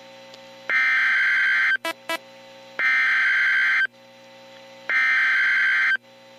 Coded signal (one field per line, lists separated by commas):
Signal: Emergency Alert System (SAME) tones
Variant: header bursts